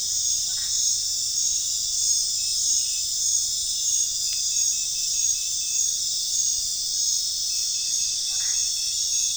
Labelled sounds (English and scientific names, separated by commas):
none